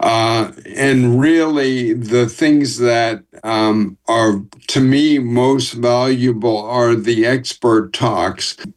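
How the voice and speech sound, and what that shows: A man with ALS, diagnosed in January 2025 after first noticing symptoms in November 2022, speaks one slow sentence broken by pauses, with drawn-out vowels, thick dark L sounds, slight nasal tone and a creaky finish. He was formerly a fast talker. This is slowed, effortful speech: dysarthria from ALS.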